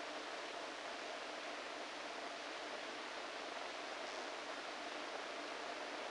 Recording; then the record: brain microelectrode recording played as sound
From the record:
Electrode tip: inside the subthalamic nucleus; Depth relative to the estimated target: -3 mm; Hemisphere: right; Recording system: NeuroSet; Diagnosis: Parkinson's disease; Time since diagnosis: 14 years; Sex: male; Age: 51 years